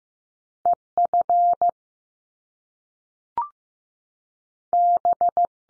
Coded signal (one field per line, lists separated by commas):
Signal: Morse code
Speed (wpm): 15 wpm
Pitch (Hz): 700 Hz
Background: none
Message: E F B